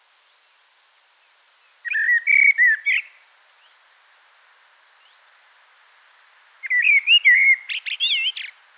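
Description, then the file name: Common blackbird delivering two warbled song phrases several seconds apart, the second ending in high squeaky notes. "Turdus merula"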